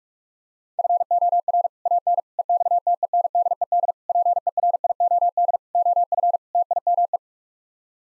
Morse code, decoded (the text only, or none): FOR AN EXTENDED PERIOD OF TIME